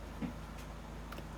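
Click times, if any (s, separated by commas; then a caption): none. A plastic LEGO part from the Disney 2023 Enchanted Treehouse 43215 set is handled over a Technic pin in a building set, giving only soft handling sounds and faint low ticks over a steady hum. Nothing has seated or snapped into place yet.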